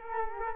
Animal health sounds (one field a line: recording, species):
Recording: mosquito wingbeat signal from an infrared sensor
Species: Culex quinquefasciatus